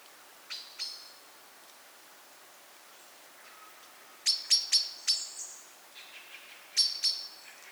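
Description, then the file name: Common blackbird calls: two quiet clicks early on, then a louder run of sharp metallic chinks and another short burst near the end, over faint background hiss. "Turdus merula"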